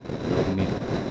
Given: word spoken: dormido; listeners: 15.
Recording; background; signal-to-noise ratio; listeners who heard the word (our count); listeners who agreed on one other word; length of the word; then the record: one Spanish word in noise, from a listening test; noise modulated by three-talker babble; -3.2 dB; 2 of 15; 8 of 15; 0.71 s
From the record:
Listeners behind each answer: 8, 2, 1, 1, 1, 1, 1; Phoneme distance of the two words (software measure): 17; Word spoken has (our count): 3 syllables, 7 phonemes, stress on syllable 2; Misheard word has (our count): 2 syllables, 6 phonemes, stress on syllable 2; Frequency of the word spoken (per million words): 19.66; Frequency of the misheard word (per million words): 54.53